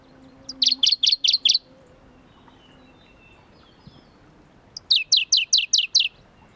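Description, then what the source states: Shrub frog calling two separate bursts of five or six quick, high chirping clicks, separated by about three seconds of quiet. Philautus fuscatus at Kuda, 28 June 2012.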